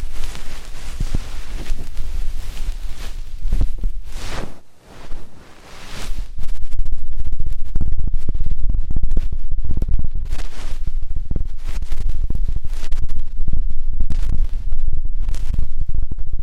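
Ear cleaning sounds, with dense, crackly scraping and rubbing pressed up close to the mic. Low thumps and rustles fill the whole stretch. A brief quieter dip near the five-second mark gives way to steadier, louder scratching bursts that repeat every second or so.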